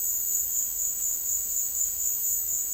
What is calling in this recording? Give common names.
none